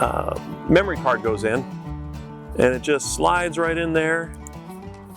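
An AT&T SIM card is slid into its slot on the side of a Tactacam Reveal X Gen 2.0 trail camera, opposite the memory card slot, while someone talks over background music with guitar. Nothing has seated or clicked yet; the clip ends just before the card goes home.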